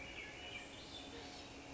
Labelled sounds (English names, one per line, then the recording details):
Swainson's Thrush
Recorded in Sonoma County, California